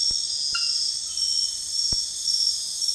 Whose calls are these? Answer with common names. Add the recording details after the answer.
none. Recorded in dense forest near Puerto Asís, Putumayo, Colombia, on 20 February 2024 at 04:00. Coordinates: 0.485, -76.322. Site G6406